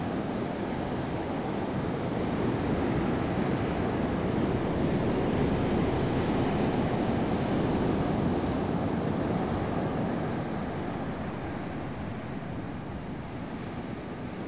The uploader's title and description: Indonesia - pounding surf. The Indian ocean surf pounding against the cliffs on the west side of the island of Nusa Lembongan, just southeast of the island of Bali, Indonesia